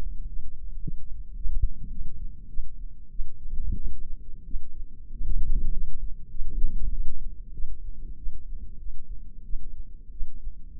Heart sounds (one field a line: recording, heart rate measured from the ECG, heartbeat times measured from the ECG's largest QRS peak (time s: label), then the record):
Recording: heart sounds by microphone in the left ear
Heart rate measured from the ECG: 97 bpm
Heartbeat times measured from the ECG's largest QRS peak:
0.28 s: heartbeat
0.81 s: heartbeat
1.35 s: heartbeat
1.90 s: heartbeat
2.48 s: heartbeat
3.10 s: heartbeat
3.75 s: heartbeat
4.44 s: heartbeat
5.10 s: heartbeat
5.72 s: heartbeat
6.29 s: heartbeat
6.90 s: heartbeat
7.52 s: heartbeat
8.16 s: heartbeat
8.78 s: heartbeat
9.43 s: heartbeat
10.11 s: heartbeat
10.77 s: heartbeat
From the record:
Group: healthy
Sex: female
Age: 19 years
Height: 163 cm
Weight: 51 kg